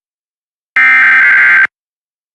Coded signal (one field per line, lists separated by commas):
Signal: Emergency Alert System (SAME) tones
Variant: header bursts